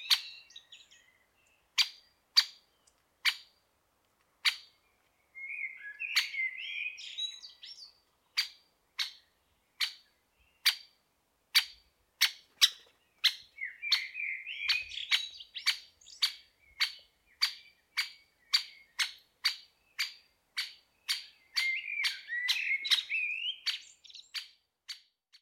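A great spotted woodpecker repeats a sharp, bright call at a steady pace, roughly one or two per second, throughout the recording. Between about 5–8, 13–16 and 21–24 seconds, twittering song from other birds rises in the background. Otherwise the setting is quiet.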